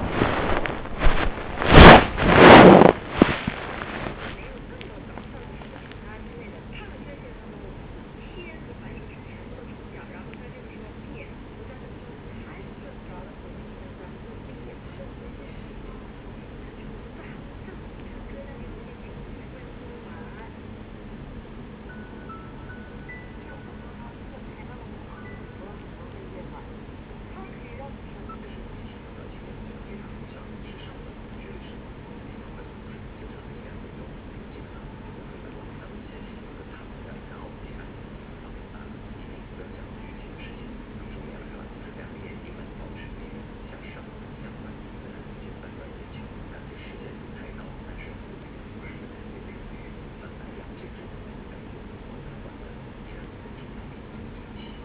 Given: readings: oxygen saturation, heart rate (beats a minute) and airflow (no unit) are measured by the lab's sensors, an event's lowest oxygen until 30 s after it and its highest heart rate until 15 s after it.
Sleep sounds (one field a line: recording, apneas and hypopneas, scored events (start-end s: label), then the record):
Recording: a person awake in a sleep study, by a voice recorder at the bedside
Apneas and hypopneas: none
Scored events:
0.00-54.85 s: awake
From the record:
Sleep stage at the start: awake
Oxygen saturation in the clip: 94 to 96%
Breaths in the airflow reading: 13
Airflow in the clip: -2.3 to 6.2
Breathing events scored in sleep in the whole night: 335 in 6.7 hours asleep